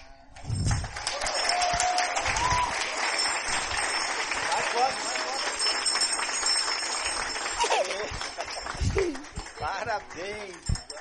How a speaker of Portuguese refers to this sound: Parabéns! Mais palmas, por favor.